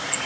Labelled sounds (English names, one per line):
Cape May Warbler flight call